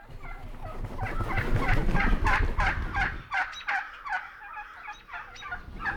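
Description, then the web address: Wild turkey gobbling, a steady run of rattling, hooked notes over a low rumbling background noise that eases midway. "Songs of Birds of North America Know Your Bird Sounds Common Western Species. Wild Turkey"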